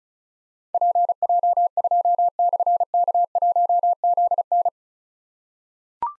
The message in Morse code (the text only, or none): PJ2/K1ZN